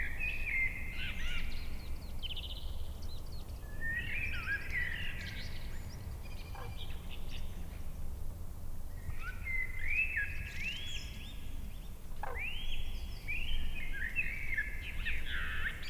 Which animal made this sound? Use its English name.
Common Crane